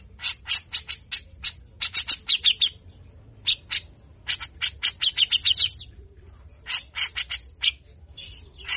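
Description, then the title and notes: Grey-cheeked bulbul giving bursts of harsh, buzzy chattering notes, several per second, broken by short pauses before starting again. Training song for songbird keepers, a talkative bird in full harsh burst style (besetan kasar). "MASTERAN CUCAK JENGGOT GACOR FULL BESETAN KASAR. Burung cucak jenggot"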